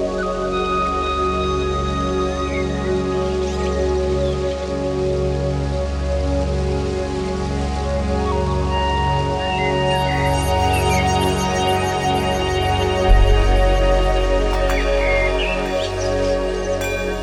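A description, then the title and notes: Electronic ambience with nature sounds: a steady, layered drone with a deep low hum and sustained held tones runs throughout. A soft patter like light rain sits underneath, and brief bird-like chirps appear around four seconds and again after ten seconds. Electronic Ambience and the sounds of nature recorded in the timeless Isle of Avalon.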